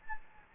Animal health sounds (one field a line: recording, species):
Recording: mosquito wingbeat signal from an infrared sensor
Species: Anopheles gambiae